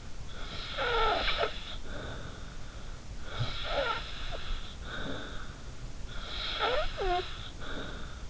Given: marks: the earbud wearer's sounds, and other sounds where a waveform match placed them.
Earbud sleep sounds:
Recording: sounds in sleep by an in-ear microphone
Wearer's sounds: snoring breath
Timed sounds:
0.35-2.75 s: snoring breath
3.30-5.61 s: snoring breath
6.18-8.30 s: snoring breath

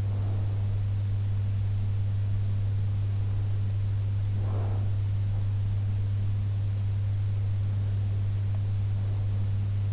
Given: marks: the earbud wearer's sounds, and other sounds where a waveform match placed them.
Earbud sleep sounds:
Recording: sounds in sleep by an in-ear microphone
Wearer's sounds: breath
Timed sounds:
0.00-0.80 s: breath
4.29-5.29 s: breath

